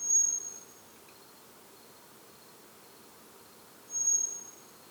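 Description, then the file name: Eurasian blackbird uttering two high, thin, level whistles, one at the start and another near the end, with quiet background hiss. "Turdus merula"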